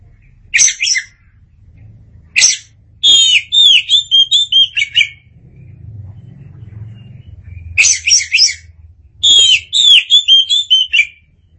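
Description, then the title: Oriental magpie-robin song: sharp high notes followed by rapid varied whistled phrases, repeated in two bouts with a low background hum. "Suara Kicauan Burung Kacer Durasi Panjang"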